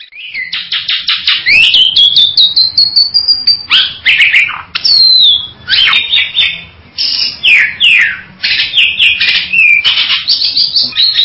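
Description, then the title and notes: Bird song, a fast run of bright whistled sweeps and rising slurred notes, then choppy chirps and warbled phrases repeated in quick bursts. "Bird Sound. Kicau Burung Lengkap"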